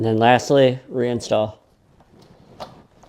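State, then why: Seated. Someone talks for the first 1.5 seconds, then the rubber spark plug boot is pushed back onto the terminal of the newly installed spark plug on an Echo PB-755ST leaf blower. A sharp click at 2.6 s shows the boot has seated onto the plug.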